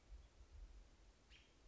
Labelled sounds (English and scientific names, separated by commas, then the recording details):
American Robin (Turdus migratorius)
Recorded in Sonoma County, California